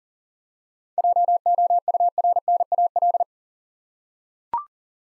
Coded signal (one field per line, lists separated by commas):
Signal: Morse code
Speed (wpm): 43 wpm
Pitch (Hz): 700 Hz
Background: none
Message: JOURNAL